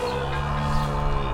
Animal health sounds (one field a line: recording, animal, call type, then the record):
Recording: contact call of a hoofed animal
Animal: cattle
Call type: low-frequency (closed-mouth) or high-frequency (open-mouth) call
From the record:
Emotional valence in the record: negative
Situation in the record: full separation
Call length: 1.33 s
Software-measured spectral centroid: 1820 Hz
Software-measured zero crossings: 1380 a second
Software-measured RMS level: -24 dBFS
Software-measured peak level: -11 dBFS